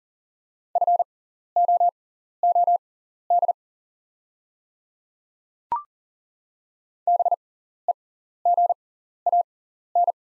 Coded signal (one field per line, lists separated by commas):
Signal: Morse code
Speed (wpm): 40 wpm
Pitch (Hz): 700 Hz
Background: none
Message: FOOD BEGAN